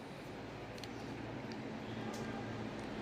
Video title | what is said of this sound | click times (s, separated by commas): Özellikle type-c soketlerde telefonunuz şarj olmuyorsa hemen soket bozuldu diye tamirciye gitmeyin. | Evet, tam oturdu | 0.8 s